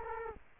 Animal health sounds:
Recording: mosquito wingbeat signal from an infrared sensor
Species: Culex quinquefasciatus

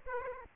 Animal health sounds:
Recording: mosquito wingbeat signal from an infrared sensor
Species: Aedes aegypti

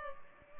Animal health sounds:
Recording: mosquito wingbeat signal from an infrared sensor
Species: Culex pipiens

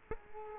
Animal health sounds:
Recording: mosquito wingbeat signal from an infrared sensor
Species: Culex quinquefasciatus

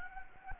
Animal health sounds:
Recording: mosquito wingbeat signal from an infrared sensor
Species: Anopheles gambiae

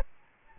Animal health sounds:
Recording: mosquito wingbeat signal from an infrared sensor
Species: Aedes albopictus

